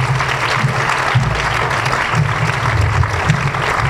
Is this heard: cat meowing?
no